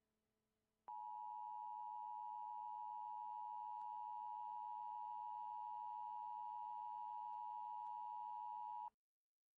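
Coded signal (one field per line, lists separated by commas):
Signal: Emergency Alert System (SAME) tones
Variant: 853 and 960 Hz attention tone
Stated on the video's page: Fictional EAS scenario.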